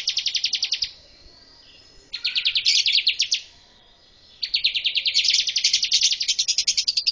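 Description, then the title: Bar-winged prinia calling in rapid chattering bursts of high repeated notes, the last burst longer, with short gaps between. Female bar-winged prinia, called ciblek in Indonesian. "Burung Ciblek Betina"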